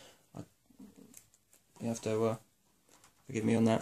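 A man talks while handling the battery compartment cover or latch on a G&G M1 Garand 6mm airsoft replica rifle, with a few faint handling taps between his words. The clip ends before the part goes home, so nothing has seated or clicked yet.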